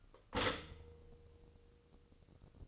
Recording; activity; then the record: daily activity, microphone in the room; stop toaster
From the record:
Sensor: 4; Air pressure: 1008.0 hPa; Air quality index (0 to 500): 104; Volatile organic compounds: 1 ppm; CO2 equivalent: 770 ppm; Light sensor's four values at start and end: 9/19/8/8 and 9/19/8/8